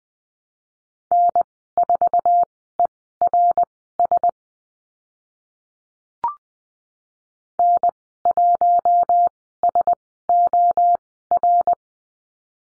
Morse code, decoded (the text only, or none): N4ERS N1SOR